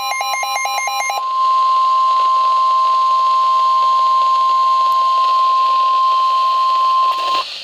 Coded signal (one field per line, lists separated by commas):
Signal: Emergency Alert System (SAME) tones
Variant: 1050 Hz attention tone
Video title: Severe Thunderstorm Warning [EAS 302/303] | NOAA Weather Radio (6/29/2012)